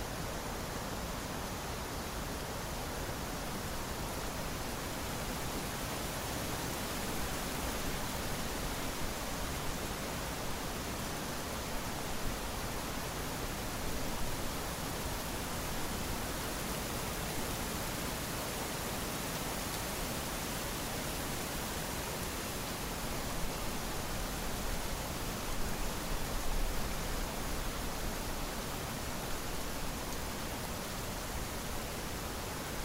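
Gentle rain falls in a steady, dense hiss that fills everything from low to high without letup. The level stays even throughout, with only slight swells in patter around the middle and again near twenty-five seconds.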